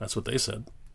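A Heatboys TMNT Michelangelo action figure's ball peg is being pushed into the socket hole of its display stand while someone talks. Nothing has seated or clicked yet; the part is handled but not yet home.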